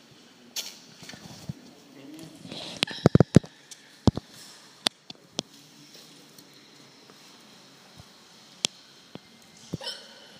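Sharp, brief gulping clicks recur irregularly amid quiet indoor background: involuntary hiccups in a young woman in Germany.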